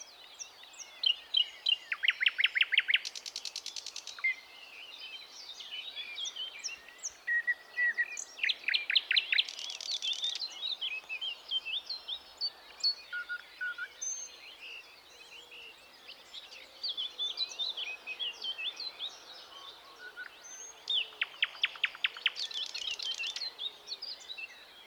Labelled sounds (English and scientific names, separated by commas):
Thrush Nightingale (Luscinia luscinia) song